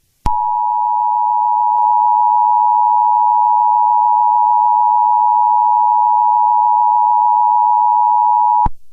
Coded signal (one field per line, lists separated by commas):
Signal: Emergency Alert System (SAME) tones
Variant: 853 and 960 Hz attention tone